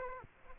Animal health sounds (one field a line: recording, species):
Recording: mosquito wingbeat signal from an infrared sensor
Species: Aedes aegypti